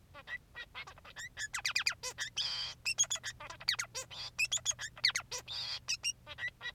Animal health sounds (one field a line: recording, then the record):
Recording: song of a male Bengalese finch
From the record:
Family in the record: son of father 3